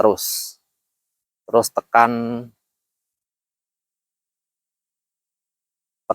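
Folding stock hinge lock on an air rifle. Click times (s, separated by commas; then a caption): 6.1 s. Someone talks while pressing the lock button on the folding stock hinge of a custom air rifle. After a long silent stretch, a single sharp click at 6.1 s marks the hinge lock seating.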